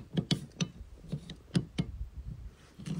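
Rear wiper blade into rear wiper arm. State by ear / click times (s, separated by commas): seated / 0.3 s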